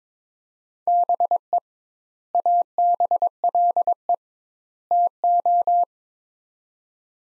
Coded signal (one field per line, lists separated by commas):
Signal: Morse code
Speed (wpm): 22 wpm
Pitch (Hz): 700 Hz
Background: none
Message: BE ABLE TO